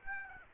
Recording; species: mosquito wingbeat signal from an infrared sensor; Aedes aegypti